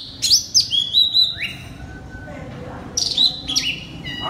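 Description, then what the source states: Oriental magpie-robin song, bright whistled notes and downslurred chirps, a short pause midway, then a fresh burst of sharp phrases. Singing loudly in the 'ngeplong' song style.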